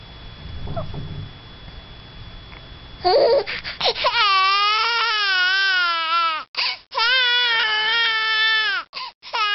Crying baby.